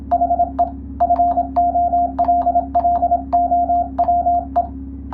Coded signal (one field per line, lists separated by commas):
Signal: Morse code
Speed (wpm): 27 wpm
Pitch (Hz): 700 Hz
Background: radio noise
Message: HE FOLLOWE